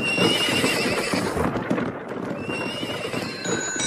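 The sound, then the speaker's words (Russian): Horses whinny in high, wavering cries over a steady clatter of hooves clip-clopping. The sound stays fairly loud and busy throughout, with no voices. “лошадьми, которые помчат вас куда прикажете.”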